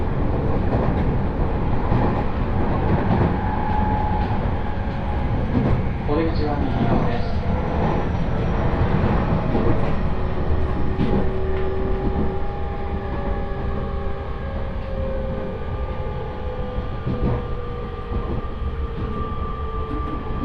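A ride on the Joban Line train: a dense, steady rumble of the running carriage fills all twenty seconds at an even loudness. Faint tonal whines drift slowly in pitch, and light clicks and knocks from the wheels recur irregularly, with a murmur of voices now and then.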